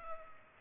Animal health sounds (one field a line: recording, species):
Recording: mosquito wingbeat signal from an infrared sensor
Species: Culex pipiens